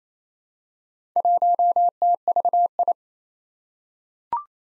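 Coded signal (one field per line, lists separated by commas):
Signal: Morse code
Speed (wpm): 27 wpm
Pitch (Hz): 700 Hz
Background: none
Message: 1TVI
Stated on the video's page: Morse drill at 28 wpm of four-character combinations of confusable letters and numbers, sent, spoken, then sent again.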